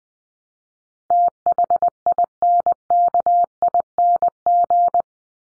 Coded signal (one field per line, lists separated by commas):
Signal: Morse code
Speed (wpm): 20 wpm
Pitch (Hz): 700 Hz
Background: none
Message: THINKING